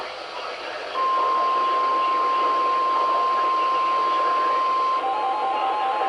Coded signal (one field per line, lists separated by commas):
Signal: Emergency Alert System (SAME) tones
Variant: 1050 Hz attention tone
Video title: A Lone SMW within the FLWs... EAS Alerts from 4/12/24 (EAS 11786-11797)